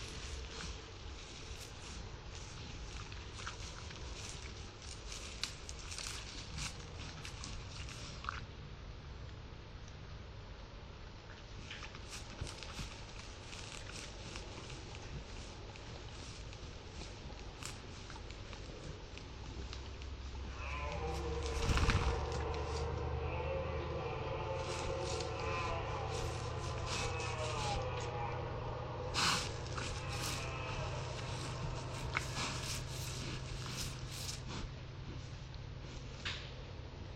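Red deer soundscape: for the first twenty seconds only a low rumble with scattered rustles and clicks. Around 21 seconds a loud, deep, rough bellow breaks in, peaking near 22 seconds, then settles into a steady low drone that lasts to the end.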